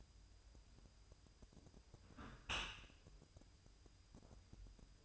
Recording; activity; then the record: daily activity, microphone in the room; close dishwasher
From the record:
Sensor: 2